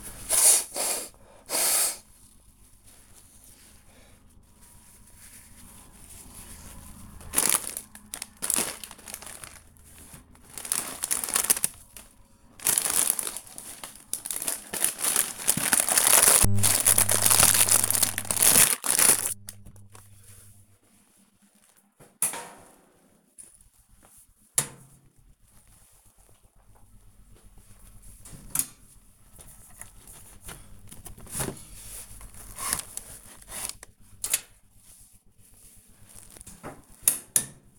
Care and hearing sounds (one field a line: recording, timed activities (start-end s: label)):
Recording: household activities, microphone on the right wrist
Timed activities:
0.00-21.31 s: cleaning the cupboard